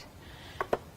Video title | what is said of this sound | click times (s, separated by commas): AALL & Create, William Morris, Crafty Devils at Hochanda - The Home of Crafts, Hobbies and Arts | incredibly Fair yeah you can hear it click into place so a really nice snug fit | 0.6 s, 0.7 s